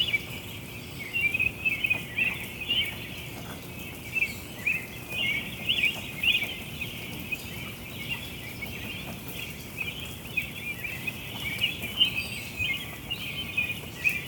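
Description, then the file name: Birds chirping continuously in a thick, high twittering chorus, with frequent louder bursts of notes over background hiss. Chestertown, Maryland, June 5 2017. "Birds Chirping Chstertown MD June 5 2017"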